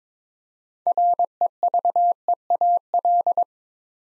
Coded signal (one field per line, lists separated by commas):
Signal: Morse code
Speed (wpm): 22 wpm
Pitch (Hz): 700 Hz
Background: none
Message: REVEAL